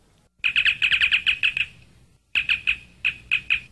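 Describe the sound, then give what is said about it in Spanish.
A mobile phone notification chirp: a quick run of about ten bright, high tweets, a short pause, then six or seven more, loud and with no voices over it. “Mira que te he dicho 20 veces que le quites el puto sonido al móvil, tío.”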